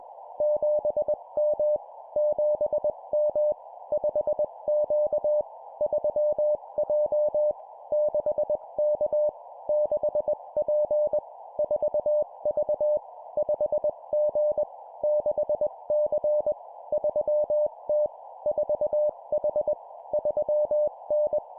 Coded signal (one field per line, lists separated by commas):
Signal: Morse code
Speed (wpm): 21 wpm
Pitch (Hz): 600 Hz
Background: none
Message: 7M 7M 5Q 3J 6K 6P 4V 5G 6C 3T 4H 3N